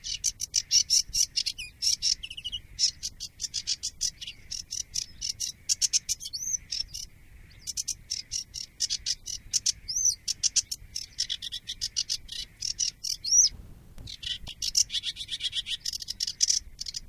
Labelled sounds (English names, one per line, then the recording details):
Sedge Warbler song
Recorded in the wild
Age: adult
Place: Moorweiher bei Adelsdorf, Bayern, DE
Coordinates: 49.7394, 11.9222
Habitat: pond
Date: 1961-05-31
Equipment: Stellavox SM 4, Original, Vollspur
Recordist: Tretzel, Erwin